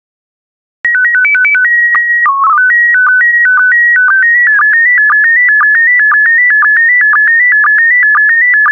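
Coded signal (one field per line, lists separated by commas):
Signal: SSTV (slow-scan television)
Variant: PD 120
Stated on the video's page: SSTV PD120 images of World War II planes, software-generated for decoding practice.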